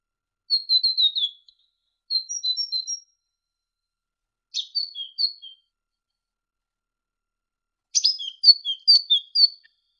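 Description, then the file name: Great tit song in four short bursts of high, quick chipping notes, separated by gaps of about one to three seconds. Masteran recording: a training recording for songbirds. "suara masteran great tit"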